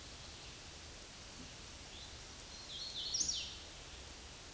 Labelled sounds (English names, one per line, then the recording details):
Hooded Warbler song
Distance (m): 40 m
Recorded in a Pennsylvania forest on 18 May 2023 at 09:34
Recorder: AudioMoth, point grid1_6_low
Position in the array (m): 181 m, 81 m